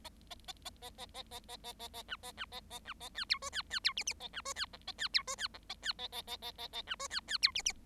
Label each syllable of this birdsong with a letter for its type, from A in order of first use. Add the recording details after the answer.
A A A A A A A A A A A A B A B A A B A C D E C C D F F A B E C G A C D E C G A C A A A A A A B E C C D F F. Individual Bird7